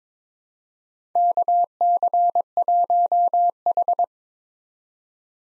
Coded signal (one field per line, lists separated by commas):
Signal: Morse code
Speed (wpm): 21 wpm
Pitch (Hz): 700 Hz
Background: none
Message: KC1H